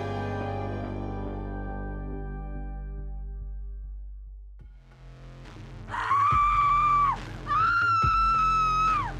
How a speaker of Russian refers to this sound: Морозов пришел в себя от истошного крика.